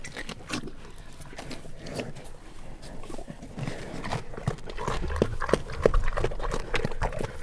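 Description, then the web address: Brown bear eating: dense wet smacking and crunching clicks, irregular and rapid, growing louder and heavier in the second half. Captive brown bears eating at a zoo in Jászberény, 2016; microphone placed in front of the bears' noses. "jaszberenyizoo 2016 professzionalis barnamedve"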